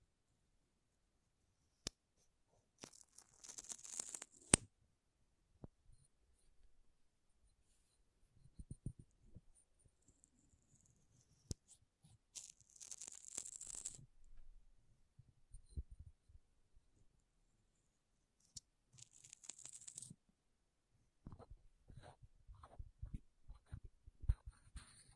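Makeup being tapped and scratched in short, irregular bursts over silent gaps. Sharp single clicks cut in near 2, 4.5, 12 and 19 seconds, with hissy scratching flurries around 3–4, 13–14 and 19–20 seconds, and soft low taps fill the final stretch.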